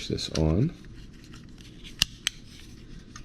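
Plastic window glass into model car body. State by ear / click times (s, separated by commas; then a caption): seated / 2.0 s, 2.3 s. Clear plastic window glass for a NASCAR scale model kit is pushed into the model car body. After someone talks briefly, two sharp clicks ring out at 2.0 and 2.3 seconds as the glass snaps into place. The glass is seated.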